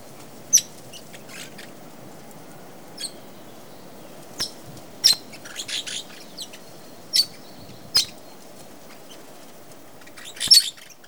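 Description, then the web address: Parrot giving short, sharp high chirps, scattered and irregular with pauses between them, over a steady low hum. "попугай"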